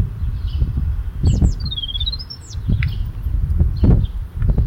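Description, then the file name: Eurasian blue tit call: high, thin, swooping notes that dip and rise over about a second, above a loud, rumbling wind-like background. "Cyanistes caeruleus"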